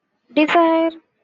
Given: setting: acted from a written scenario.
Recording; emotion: vocal sound without words; desire